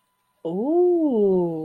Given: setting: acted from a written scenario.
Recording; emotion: vocal sound without words; desire